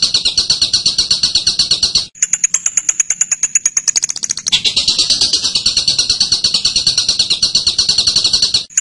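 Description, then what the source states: Bird song: a long run of fast, pulsed high chirps, broken by a section of rapid clicking notes that quicken before the dense chattering returns. Masteran recording used to train birds.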